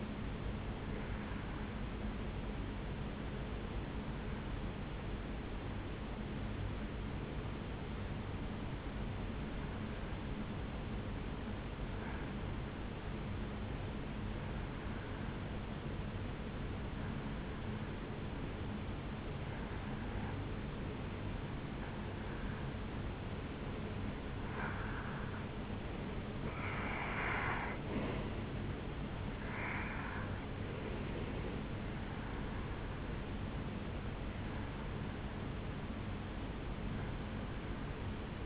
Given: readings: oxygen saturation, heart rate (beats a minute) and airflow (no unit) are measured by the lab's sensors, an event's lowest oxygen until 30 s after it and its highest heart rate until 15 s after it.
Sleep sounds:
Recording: breathing in sleep by a voice recorder at the bedside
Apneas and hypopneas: 1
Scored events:
3.00-23.30 s: hypopnea (N1, oxygen 96% highest, then 90% lowest, heart rate 61 at the start, 72 highest)
12.00-38.46 s: new sleep stage, N2 (light sleep)
From the record:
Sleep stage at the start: N1 (lightest sleep)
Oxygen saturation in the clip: 90 to 96%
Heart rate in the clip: 60 to 72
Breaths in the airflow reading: 12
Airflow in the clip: -4.4 to 2.6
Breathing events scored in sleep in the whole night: 449 in 7.0 hours asleep

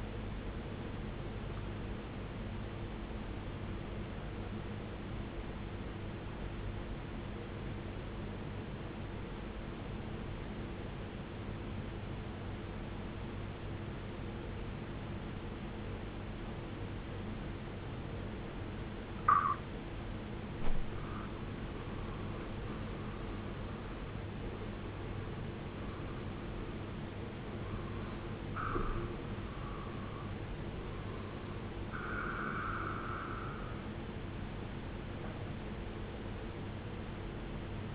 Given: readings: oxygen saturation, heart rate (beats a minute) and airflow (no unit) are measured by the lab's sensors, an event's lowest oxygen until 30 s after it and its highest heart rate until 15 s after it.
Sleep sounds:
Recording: breathing in sleep by a voice recorder at the bedside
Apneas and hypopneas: 1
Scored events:
7.00-22.40 s: obstructive apnea (REM, oxygen 95% highest, then 91% lowest, heart rate 63 at the start, 71 highest)
33.00-37.95 s: new sleep stage, N1 (lightest sleep)
From the record:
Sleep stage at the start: REM sleep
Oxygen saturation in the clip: 92 to 95%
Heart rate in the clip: 61 to 71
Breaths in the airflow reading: 4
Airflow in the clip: -13.3 to 14.5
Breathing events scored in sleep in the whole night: 389 in 6.3 hours asleep

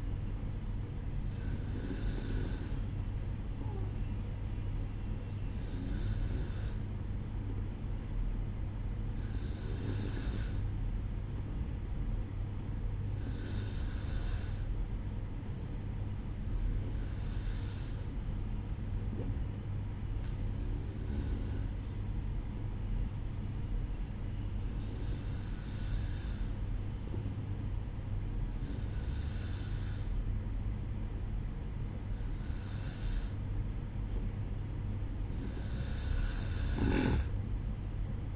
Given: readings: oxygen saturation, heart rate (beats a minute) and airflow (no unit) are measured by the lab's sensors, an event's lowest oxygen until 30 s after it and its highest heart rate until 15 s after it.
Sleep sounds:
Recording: breathing in sleep by a smartphone at the bedside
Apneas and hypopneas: none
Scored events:
2.00-32.00 s: new sleep stage, N1 (lightest sleep)
32.00-38.36 s: new sleep stage, N2 (light sleep)
From the record:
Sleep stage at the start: N2 (light sleep)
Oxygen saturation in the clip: 93 to 94%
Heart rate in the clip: 61 to 67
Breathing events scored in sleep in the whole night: 305 in 9.6 hours asleep

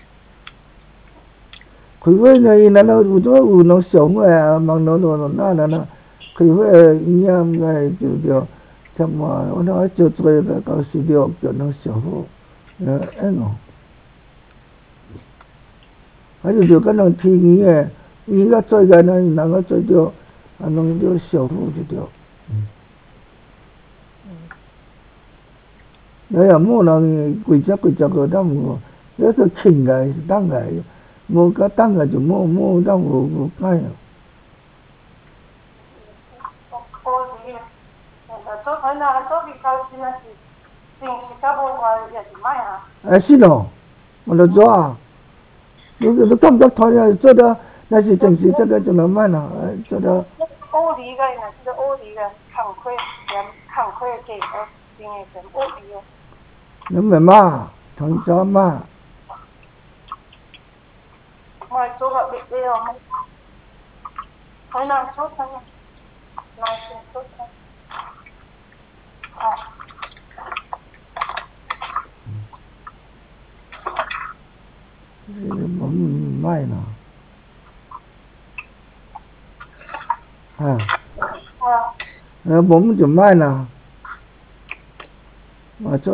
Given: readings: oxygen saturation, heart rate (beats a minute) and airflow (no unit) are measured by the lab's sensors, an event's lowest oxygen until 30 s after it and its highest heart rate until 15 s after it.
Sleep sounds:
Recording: a person awake in a sleep study, by a voice recorder at the bedside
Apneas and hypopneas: none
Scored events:
0.00-86.14 s: awake
From the record:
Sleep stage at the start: awake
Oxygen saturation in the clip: 92 to 95%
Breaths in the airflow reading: 25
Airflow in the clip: -5.8 to 5.8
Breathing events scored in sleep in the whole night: 270 in 6.1 hours asleep

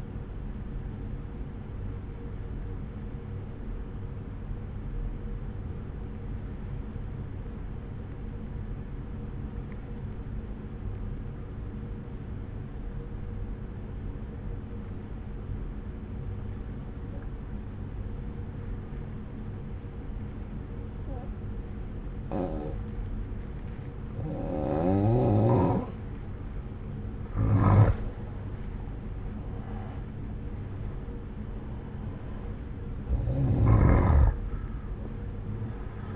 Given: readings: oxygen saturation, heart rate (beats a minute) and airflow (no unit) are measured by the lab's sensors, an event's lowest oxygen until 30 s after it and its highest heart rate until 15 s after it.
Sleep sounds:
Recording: breathing in sleep by a smartphone at the bedside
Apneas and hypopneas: 1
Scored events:
3.00-28.60 s: obstructive apnea (N1, oxygen 96% highest, then 88% lowest)
4.00-36.16 s: new sleep stage, N2 (light sleep)
From the record:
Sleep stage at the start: N1 (lightest sleep)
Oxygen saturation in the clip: 87 to 96%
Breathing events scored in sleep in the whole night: 303 in 8.1 hours asleep

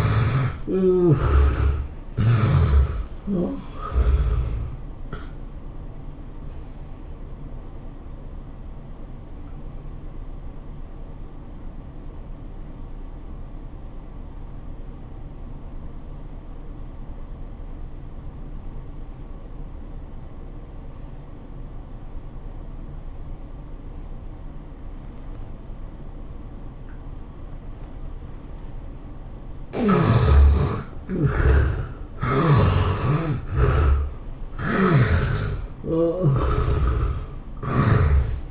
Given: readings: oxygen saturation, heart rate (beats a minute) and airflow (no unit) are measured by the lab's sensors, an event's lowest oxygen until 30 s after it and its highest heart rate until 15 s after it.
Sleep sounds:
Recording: breathing in sleep by a smartphone at the bedside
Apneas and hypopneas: 1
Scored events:
11.00-29.60 s: obstructive apnea (N1, oxygen 95% highest, then 70% lowest, heart rate 95 at the start, 106 highest)
17.00-38.51 s: new sleep stage, N2 (light sleep)
From the record:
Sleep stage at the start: N1 (lightest sleep)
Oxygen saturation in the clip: 70 to 95%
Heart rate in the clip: 80 to 106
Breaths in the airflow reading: 7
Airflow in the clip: -18.0 to 16.6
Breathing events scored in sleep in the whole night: 403 in 5.5 hours asleep

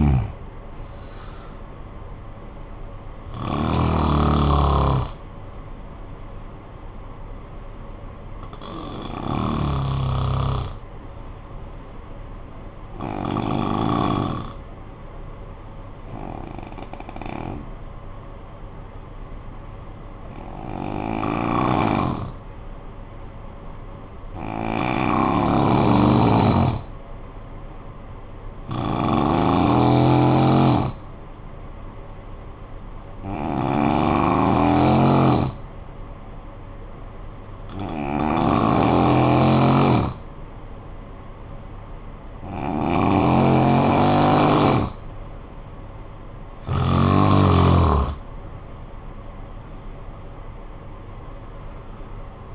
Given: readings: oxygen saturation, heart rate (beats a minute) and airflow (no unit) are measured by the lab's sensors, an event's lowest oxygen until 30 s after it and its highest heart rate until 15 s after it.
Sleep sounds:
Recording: breathing in sleep by a smartphone at the bedside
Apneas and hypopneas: 1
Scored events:
14.00-45.60 s: hypopnea (N2, oxygen 97% highest, then 88% lowest, heart rate 56 at the start, 72 highest)
51.00-52.55 s: new sleep stage, N1 (lightest sleep)
From the record:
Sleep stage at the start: N2 (light sleep)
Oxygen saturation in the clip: 85 to 97%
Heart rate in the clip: 52 to 67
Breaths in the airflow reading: 13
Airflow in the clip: -11.1 to 10.5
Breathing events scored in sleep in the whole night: 445 in 7.6 hours asleep

